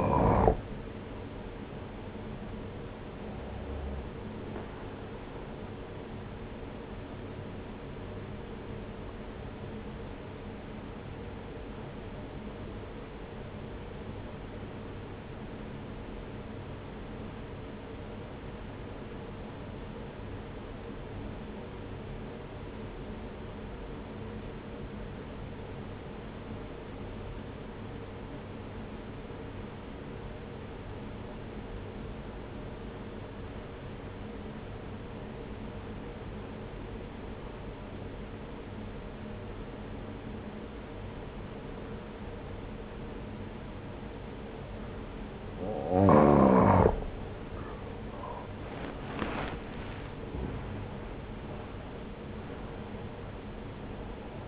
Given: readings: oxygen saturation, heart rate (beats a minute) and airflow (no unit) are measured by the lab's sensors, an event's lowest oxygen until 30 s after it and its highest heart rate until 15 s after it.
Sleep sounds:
breathing in sleep by a voice recorder at the bedside; 1
10.00-47.20 s: obstructive apnea (N1, oxygen 95% highest, then 86% lowest, heart rate 58 at the start, 62 highest)
From the record:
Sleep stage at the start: N1 (lightest sleep); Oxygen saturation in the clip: 86 to 95%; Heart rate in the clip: 58 to 68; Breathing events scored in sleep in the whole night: 303 in 8.1 hours asleep

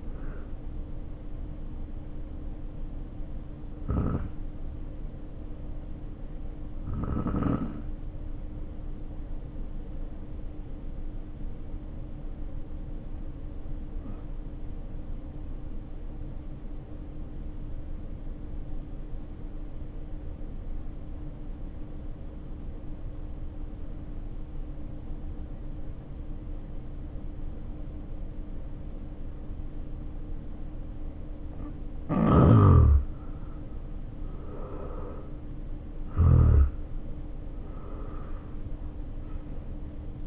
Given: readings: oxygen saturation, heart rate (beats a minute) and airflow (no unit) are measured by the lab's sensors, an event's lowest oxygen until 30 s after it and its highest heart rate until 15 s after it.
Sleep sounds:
breathing in sleep by a smartphone at the bedside; 1
4.00-33.20 s: hypopnea (N2, oxygen 95% highest, then 76% lowest, heart rate 54 at the start, 72 highest)
From the record:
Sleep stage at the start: N2 (light sleep); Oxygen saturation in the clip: 78 to 95%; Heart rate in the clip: 54 to 71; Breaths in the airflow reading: 6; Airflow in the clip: -5.9 to 8.5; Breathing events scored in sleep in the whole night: 520 in 7.2 hours asleep

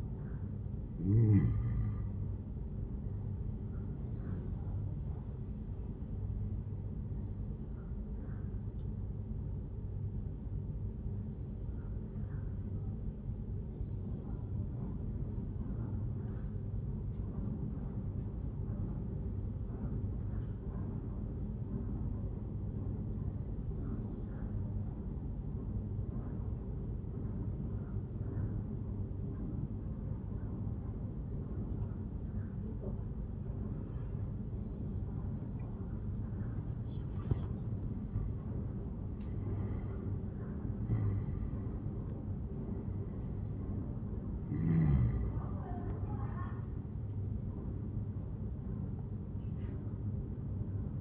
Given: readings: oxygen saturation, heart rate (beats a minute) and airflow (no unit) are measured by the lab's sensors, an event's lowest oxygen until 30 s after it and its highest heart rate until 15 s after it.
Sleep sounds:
breathing in sleep by a smartphone at the bedside; 1
11.00-37.80 s: obstructive apnea (N2, oxygen 97% highest, then 89% lowest, heart rate 74 at the start, 86 highest)
28.00-51.01 s: new sleep stage, N1 (lightest sleep)
From the record:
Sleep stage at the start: N2 (light sleep); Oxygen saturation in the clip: 89 to 97%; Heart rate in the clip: 74 to 86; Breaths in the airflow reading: 5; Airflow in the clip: -10.5 to 11.3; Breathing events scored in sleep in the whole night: 131 in 7.2 hours asleep

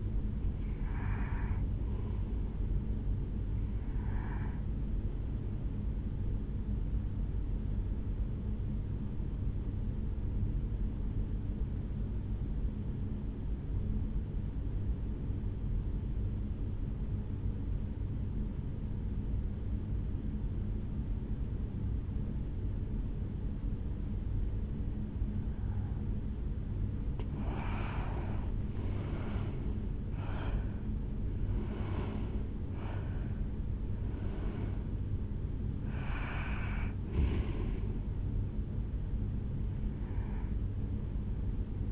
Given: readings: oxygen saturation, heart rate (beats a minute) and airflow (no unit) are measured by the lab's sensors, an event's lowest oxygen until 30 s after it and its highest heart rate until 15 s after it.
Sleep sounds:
breathing in sleep by a smartphone at the bedside; 1
12.00-28.80 s: obstructive apnea (N2, oxygen 95% highest, then 89% lowest, heart rate 60 at the start, 75 highest)
31.00-41.92 s: new sleep stage, N1 (lightest sleep)
From the record:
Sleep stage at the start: N2 (light sleep); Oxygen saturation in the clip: 88 to 95%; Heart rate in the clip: 60 to 75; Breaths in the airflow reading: 6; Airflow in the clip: -8.0 to 5.9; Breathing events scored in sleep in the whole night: 449 in 7.0 hours asleep

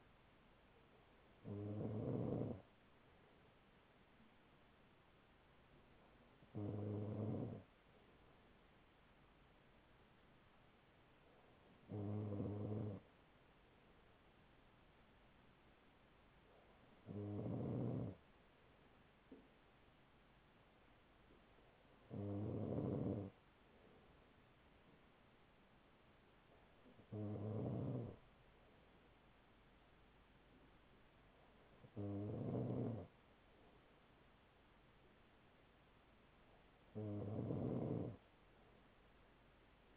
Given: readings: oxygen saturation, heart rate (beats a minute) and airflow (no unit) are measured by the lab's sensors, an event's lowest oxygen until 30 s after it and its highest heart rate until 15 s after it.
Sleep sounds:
breathing in sleep by a voice recorder at the bedside; none
none scored
From the record:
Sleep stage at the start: N2 (light sleep); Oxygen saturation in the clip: 95 to 96%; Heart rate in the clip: 40 to 42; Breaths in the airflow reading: 8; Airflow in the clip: -5.0 to 4.3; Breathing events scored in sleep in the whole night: 207 in 7.6 hours asleep

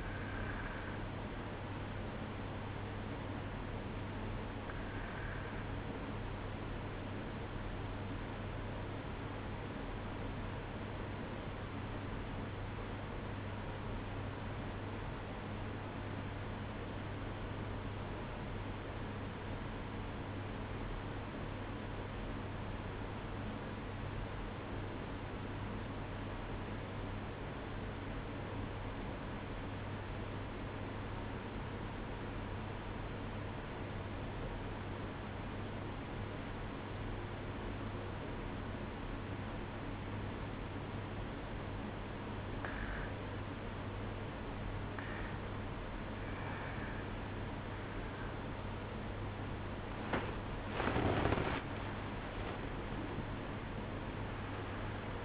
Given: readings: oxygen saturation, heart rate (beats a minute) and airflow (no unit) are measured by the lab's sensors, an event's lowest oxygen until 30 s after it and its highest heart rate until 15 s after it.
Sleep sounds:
breathing in sleep by a voice recorder at the bedside; 1
8.00-44.50 s: obstructive apnea (REM, oxygen 96% highest, then 92% lowest, heart rate 55 at the start, 71 highest)
From the record:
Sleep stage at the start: REM sleep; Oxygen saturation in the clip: 93 to 96%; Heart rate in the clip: 54 to 70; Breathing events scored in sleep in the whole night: 305 in 9.6 hours asleep

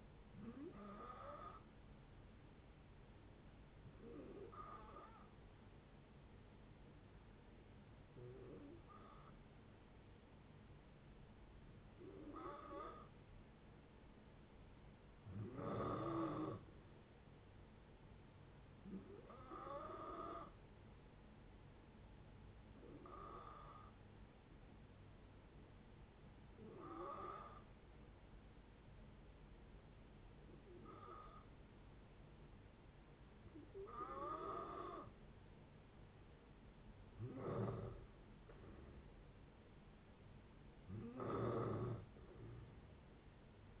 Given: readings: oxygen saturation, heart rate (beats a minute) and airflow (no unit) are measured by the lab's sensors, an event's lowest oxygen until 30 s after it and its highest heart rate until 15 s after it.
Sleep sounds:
breathing in sleep by a voice recorder at the bedside; 2
3.00-16.60 s: hypopnea (N2, oxygen 92% highest, then 90% lowest)
22.00-34.90 s: hypopnea (N2, oxygen 92% highest, then 88% lowest)
From the record:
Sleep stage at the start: N2 (light sleep); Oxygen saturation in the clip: 89 to 93%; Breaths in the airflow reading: 12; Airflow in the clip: -6.5 to 7.1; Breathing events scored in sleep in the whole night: 496 in 5.4 hours asleep

